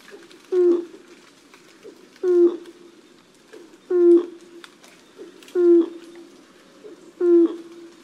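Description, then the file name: Malayan night heron calling a low, booming hoot roughly every one and a half to two seconds, each note brief and resonant, with faint background hiss. "黑冠麻鷺"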